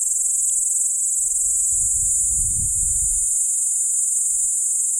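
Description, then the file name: P. capensis: insect call: a continuous, even, very high buzz holds throughout, with soft low rumble around its middle. Recorded near Arniston. "P capensis nr Arniston"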